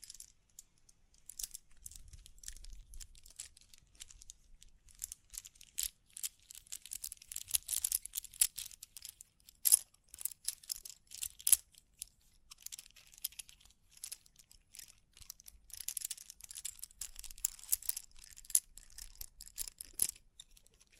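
Tapping, scratching, brushing and crinkling go on continuously, made of dense, irregular clusters of short bright crackles and ticks. Sharper taps stand out near 10 and 20 seconds. A faint low rumble comes and goes beneath, most noticeable early on.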